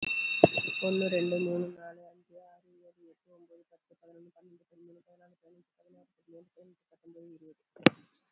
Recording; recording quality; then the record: counting at a fast pace; moderate, slight background noise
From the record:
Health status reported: COVID-19 positive, moderate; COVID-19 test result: positive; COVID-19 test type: RT-PCR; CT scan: not taken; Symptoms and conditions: cold, fever, muscle pain, diarrhoea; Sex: female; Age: 42 years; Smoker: no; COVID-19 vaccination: both doses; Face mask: worn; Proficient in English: yes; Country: India